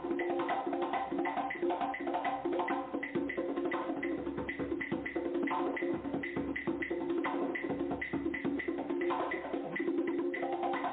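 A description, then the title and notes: Drumming plays steadily throughout, a dense run of quick, regular hits with a few sharper strikes standing out. The sound is thick in the low and middle range with a dull top, and a sustained tone hums underneath the whole time. DRUMMING.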